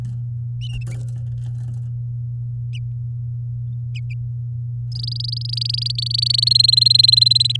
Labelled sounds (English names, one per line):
Domestic Canary song